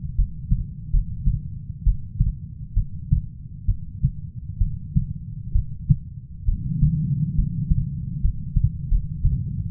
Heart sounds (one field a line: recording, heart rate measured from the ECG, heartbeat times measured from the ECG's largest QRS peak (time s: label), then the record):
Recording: heart sounds by stethoscope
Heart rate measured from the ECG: 69 bpm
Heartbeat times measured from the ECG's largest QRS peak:
0.16 s: heartbeat
0.91 s: heartbeat
1.84 s: heartbeat
2.74 s: heartbeat
3.66 s: heartbeat
4.58 s: heartbeat
5.52 s: heartbeat
6.45 s: heartbeat
7.35 s: heartbeat
8.21 s: heartbeat
8.89 s: heartbeat
From the record:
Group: healthy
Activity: rest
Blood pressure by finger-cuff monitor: 134/69 mmHg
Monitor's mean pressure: 90 mmHg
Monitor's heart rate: 66 bpm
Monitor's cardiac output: 6 L/min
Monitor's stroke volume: 88 mL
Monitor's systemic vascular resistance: 1100 dyn s/cm5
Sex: female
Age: 37 years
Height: 168 cm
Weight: 70 kg